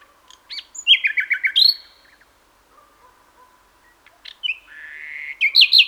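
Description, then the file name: Common nightingale song: a quick stuttering series of descending notes, a short pause, then a rising buzzy phrase followed by sharp repeated notes. "Luscinia megarhynchos"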